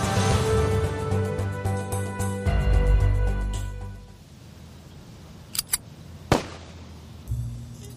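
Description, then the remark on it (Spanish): A music bed fades into quiet, two small sharp clicks follow, then a single loud gunshot cracks out before a low hum starts up. “Un balazo y un homicidio que conmocionó a la aristocracia santiaguina.”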